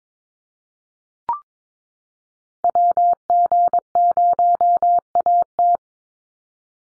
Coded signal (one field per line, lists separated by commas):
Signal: Morse code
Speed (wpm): 22 wpm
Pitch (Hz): 700 Hz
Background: none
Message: WG0AT